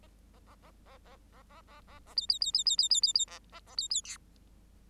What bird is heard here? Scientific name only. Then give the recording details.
Lonchura striata domestica. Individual Bird8